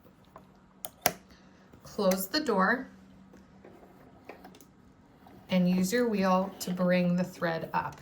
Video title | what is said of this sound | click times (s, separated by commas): How to Thread a Sewing Machine (Top & Front Loading Bobbins) - Beginner Guide | Take the casing and snap it into place. You should hear it snap into the housing. | 1.1 s